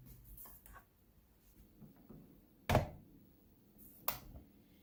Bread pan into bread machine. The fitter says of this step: It goes in and it locks into place.